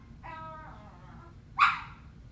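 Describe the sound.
Hunting dog giving a thin drawn-out whine followed by one sharp bark.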